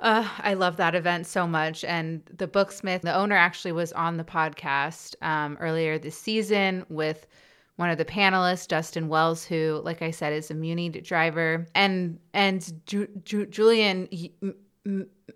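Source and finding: Woman. Stuttering.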